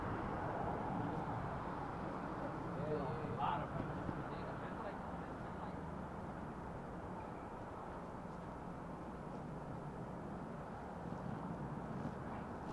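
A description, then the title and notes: A bike ride through city streets, carried by a steady, dense rumble of traffic and wind that barely changes from start to finish. Around three to four seconds a brief brighter sound rises above it, perhaps a squeak or a voice, with faint murmurs elsewhere. A stereo recording of biking from Harlem to the Bronx. The audio’s a bit muted because the mic is in my backpack.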